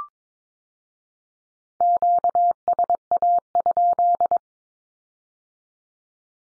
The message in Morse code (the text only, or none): QSA?